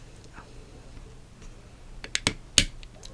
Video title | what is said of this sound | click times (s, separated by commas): Glock 42 - HOW TO FIELD STRIP - QUICKIE HOW TO | hear that click that click was basically disengaging now the slide is simply going to be disconnected | 2.6 s